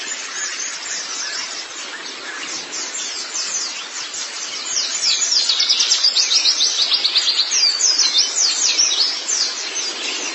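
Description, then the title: White-eye song, a fast, high-pitched twittering stream that grows louder and busier midway, with dense repeated chirps and trills. "Kicauan Burung Pleci"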